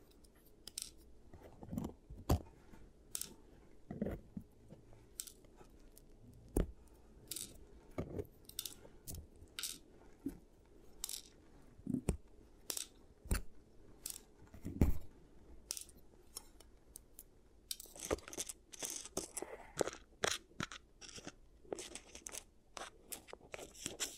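Sharp clicks and crisp snips of the giant teeth treatment sound every second or so over a low murmur, growing busier after eighteen seconds.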